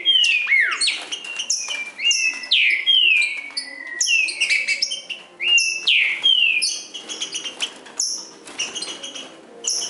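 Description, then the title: Green-winged saltator song: rapid run of loud, clear whistled notes with downward slurs, repeated almost continuously. Singing in the forest while competing with a wild bird; the bird's song style is called 'nicão'. "Trinca Ferro NICÃO No Mato Disputando Com Solto"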